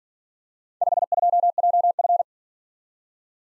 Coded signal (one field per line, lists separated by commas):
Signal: Morse code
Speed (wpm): 47 wpm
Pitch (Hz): 700 Hz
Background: none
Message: 52JF